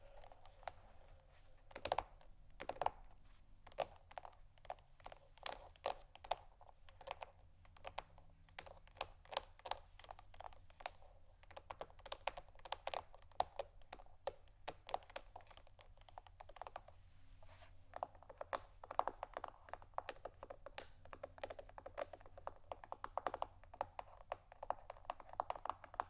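Scratching and tapping on canisters: a dense, irregular run of sharp clicks and taps fills the whole stretch, many per second. A steady low hum sits underneath throughout. After about eighteen seconds the sound turns busier, with more rasping scratches between the taps.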